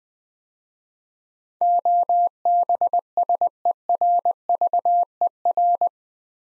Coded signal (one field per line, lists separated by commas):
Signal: Morse code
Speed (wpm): 20 wpm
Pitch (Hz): 700 Hz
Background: none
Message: OBSERVER